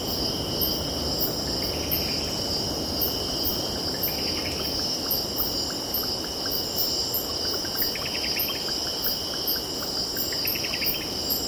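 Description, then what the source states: Cicadas droning continuously with pulsing high notes, while birds give short bursts of rapid chirps, over a constant low rush of waves. Cicadas stridulating with birds calling and distant ocean in background.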